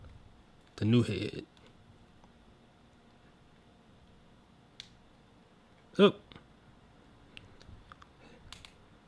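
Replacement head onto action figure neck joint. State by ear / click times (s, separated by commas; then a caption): not seated / none. Someone talks briefly while handling a replacement head and pushing it toward the plastic neck ball joint of a Hasbro Marvel Legends Black Panther action figure from Captain America: Civil War. Quiet handling follows, with a short louder burst near 6.0 s and a few faint sharp ticks toward the end. The head has not seated or snapped on yet.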